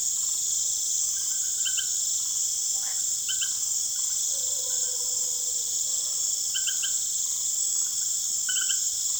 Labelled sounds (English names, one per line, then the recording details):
none
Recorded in secondary vegetation near Puerto Asís, Putumayo, Colombia, on 23 June 2025 at 19:30
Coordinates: 0.489, -76.322
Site G021